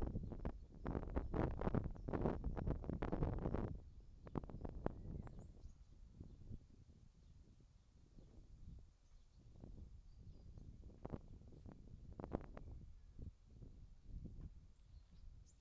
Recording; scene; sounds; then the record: everyday scene through a hearing-aid microphone; wind on the microphone; wind, whistling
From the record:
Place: in front of a rural house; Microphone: in the ear canal, left